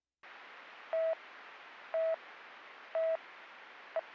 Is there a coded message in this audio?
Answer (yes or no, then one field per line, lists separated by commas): no